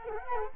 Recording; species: mosquito wingbeat signal from an infrared sensor; Culex quinquefasciatus